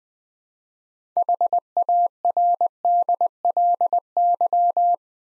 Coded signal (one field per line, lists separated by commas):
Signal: Morse code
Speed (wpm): 20 wpm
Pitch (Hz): 700 Hz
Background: none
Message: HARDLY